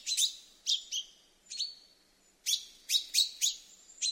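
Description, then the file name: Common chaffinch giving crisp metallic chip notes, singly and in a rapid run, mixed with a brief thin high whistle. "Fringilla coelebs"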